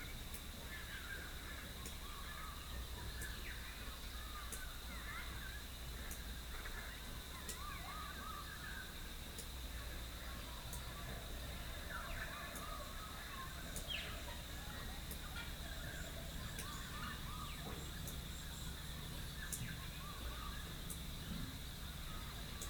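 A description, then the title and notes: A rural dawn chorus in Rathdowney, Queensland: scattered bird calls and chirps overlap throughout, with a few cawing, crow-like voices. A steady high insect-like whine runs underneath, along with faint regular ticking and a constant low rumble. Rural Dawn Chorus, Rathdowney, Queensland. It's recorded using two microphones placed as if they were human ears. Today it's the Dawn Chorus in the tiny town of Rathdowney, Queensland.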